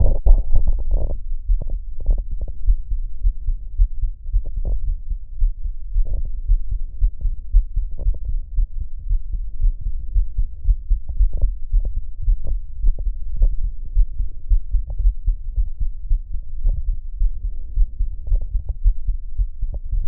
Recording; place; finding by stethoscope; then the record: heart sounds by stethoscope; aortic valve (AV); normal heart sounds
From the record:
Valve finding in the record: normal valve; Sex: male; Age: 20 years